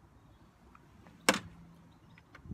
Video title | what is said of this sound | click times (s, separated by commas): Renault Zoe Birthday Present Delivery | and shut the flap which locks in place there and then | 1.3 s